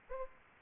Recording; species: mosquito wingbeat signal from an infrared sensor; Aedes aegypti